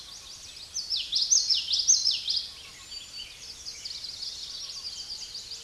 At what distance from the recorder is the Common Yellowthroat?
about 5 m